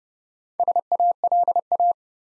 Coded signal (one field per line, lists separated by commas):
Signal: Morse code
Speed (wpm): 30 wpm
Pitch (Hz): 700 Hz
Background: none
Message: SALA